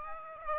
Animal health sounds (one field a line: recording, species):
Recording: mosquito wingbeat signal from an infrared sensor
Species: Aedes aegypti